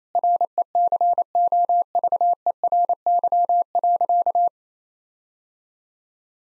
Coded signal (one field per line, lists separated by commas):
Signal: Morse code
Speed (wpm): 28 wpm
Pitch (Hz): 700 Hz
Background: none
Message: RECOVERY.